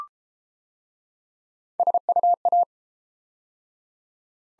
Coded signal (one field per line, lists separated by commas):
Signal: Morse code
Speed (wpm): 30 wpm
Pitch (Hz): 700 Hz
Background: none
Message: SUA